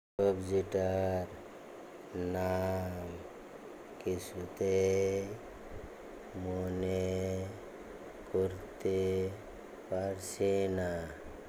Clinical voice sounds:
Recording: elicited speech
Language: Bengali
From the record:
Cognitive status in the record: dementia

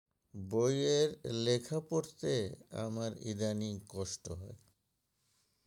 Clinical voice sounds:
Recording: elicited speech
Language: Bengali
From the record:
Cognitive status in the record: dementia

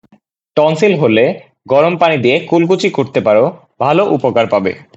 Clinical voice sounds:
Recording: elicited speech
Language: Bengali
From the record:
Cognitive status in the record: cognitively healthy

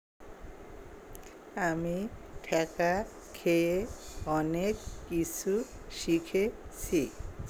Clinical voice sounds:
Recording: elicited speech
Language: Bengali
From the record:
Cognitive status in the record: dementia

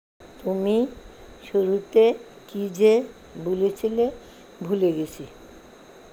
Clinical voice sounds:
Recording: elicited speech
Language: Bengali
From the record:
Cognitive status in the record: dementia

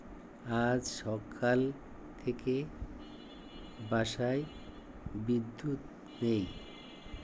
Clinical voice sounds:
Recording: elicited speech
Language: Bengali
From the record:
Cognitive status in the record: dementia

